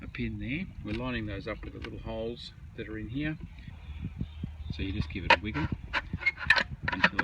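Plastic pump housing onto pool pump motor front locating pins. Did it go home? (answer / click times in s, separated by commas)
yes / 6.5 s, 7.0 s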